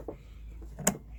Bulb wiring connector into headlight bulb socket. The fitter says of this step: voilà là on est dedans entendu le clac